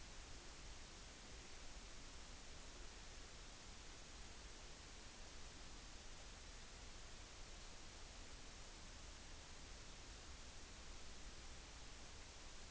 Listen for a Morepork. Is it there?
no